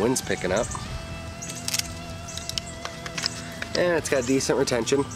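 Someone talks while a fixed-blade survival knife is handled at its plastic sheath, which has a velcro strap to hold the knife in, with brief sharp handling ticks around 1.7, 2.5 and 3.3 seconds. The knife has not yet clicked into the sheath; nothing has seated by the end of the clip.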